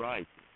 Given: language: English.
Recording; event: throat vibration sensor signal played as sound; speech